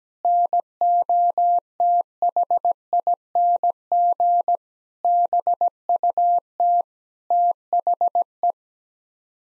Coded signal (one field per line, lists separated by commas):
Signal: Morse code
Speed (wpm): 17 wpm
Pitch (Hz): 700 Hz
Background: none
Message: NOTHING BUT THE